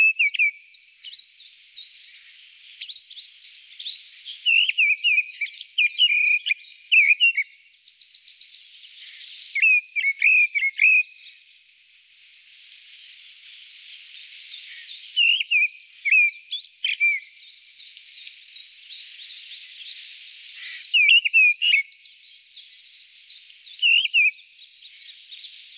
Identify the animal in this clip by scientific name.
Turdus viscivorus